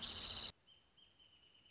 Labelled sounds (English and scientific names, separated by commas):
Wrentit (Chamaea fasciata)